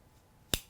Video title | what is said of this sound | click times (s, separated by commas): UV Slider Bow Sight from Ultraview | right there now it's locked in | 0.5 s